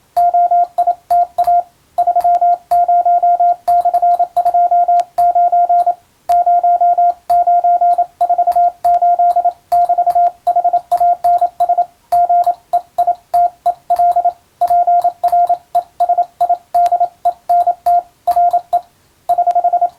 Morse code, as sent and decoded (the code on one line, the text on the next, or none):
--- .. - .- / ...-- ----- -..-. ..--- ----. / ----- ----. ....- ---.. -...- .... .- -. ... / --. . .. - . .-.. / .--. .-. . ... .. -.. . -. - / .-. . / .......
OITA 30/29 0948<BT>HANS GEITEL PRESIDENT RE <HH>